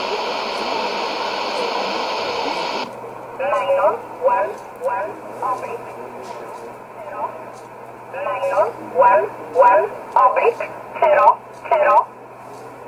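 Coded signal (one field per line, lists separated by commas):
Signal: numbers station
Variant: E11 Oblique, English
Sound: static burst, then a voice reading short words at an even pace over a hum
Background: radio static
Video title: 12 08 2017 Numbers station E11 Oblique in English to Eu 1347 on 15825 in USB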